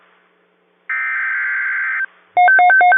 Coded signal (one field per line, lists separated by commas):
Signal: Emergency Alert System (SAME) tones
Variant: header bursts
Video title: TOA Expansion EAS #315